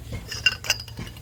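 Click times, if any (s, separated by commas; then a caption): 0.5 s. After a new serpentine belt is fitted on a 2011 X5 50i with the N63 engine, the belt tensioner is turned back toward the driver's side. Its lock releases with a loud, sharp metallic click at 0.5 s, followed by a second sharp tick around 0.7 s over low rumble. The tensioner lock is released.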